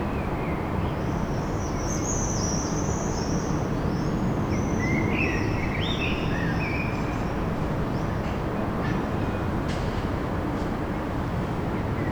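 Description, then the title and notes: Eurasian blackbird singing in short warbled phrases over a constant low rumble. Song at sunset in Paris. "Enregistrement d'un chant de merle au coucher du soleil dans Paris"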